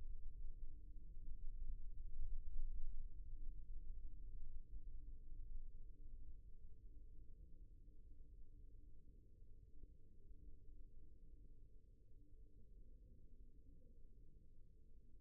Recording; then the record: forearm muscle sounds (acoustic myography)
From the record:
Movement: rest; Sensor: system 1, eight BSWA MPA416 microphones around the upper forearm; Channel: 5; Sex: male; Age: 23 years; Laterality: right